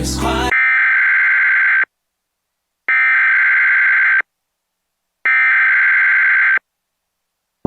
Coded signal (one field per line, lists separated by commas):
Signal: Emergency Alert System (SAME) tones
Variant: header bursts